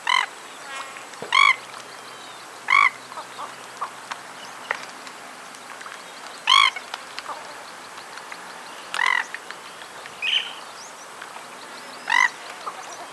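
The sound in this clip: Jacana giving short, rasping, harmonic-rich calls at irregular intervals, with faint softer notes between them.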